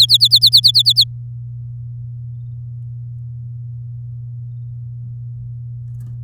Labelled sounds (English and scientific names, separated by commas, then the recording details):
Domestic Canary (Serinus canaria) song
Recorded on 10 May 2018 at 06:22
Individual llb16